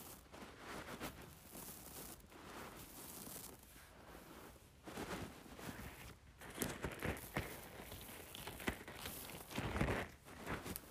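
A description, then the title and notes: Rice is shaken and poured in a dense, hissing rattle of countless small grains. The sound runs steadily with short breaks near two, four and six seconds, then turns more uneven, with louder bursts and sharp clicks around seven and ten seconds. ASMR Playing with Rice.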